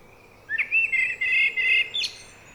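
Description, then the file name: Eurasian blackbird giving a short, fluty warbled phrase of several slurred notes, finishing with a sharp, high squeaky flourish. "Turdus merula"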